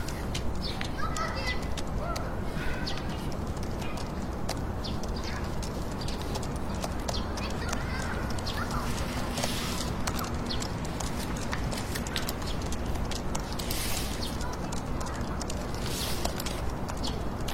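Soft fingertip typing clicks rapidly and unevenly over a steady low city hum, with brief brighter hisses and faint voices early on.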